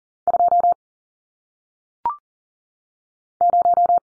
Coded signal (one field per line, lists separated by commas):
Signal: Morse code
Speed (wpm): 42 wpm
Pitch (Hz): 700 Hz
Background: none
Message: 2 0